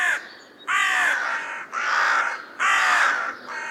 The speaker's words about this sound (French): Prenez l'appel du jet des chênes, ou simplement de la corneille.